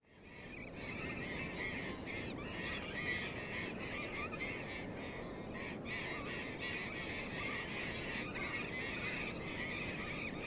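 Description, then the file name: Burrowing parrots, a loud clamour of harsh squawks and screeches that starts abruptly and continues densely, many birds calling at once over constant rushing noise. "tomas miguel - loros barranqueros"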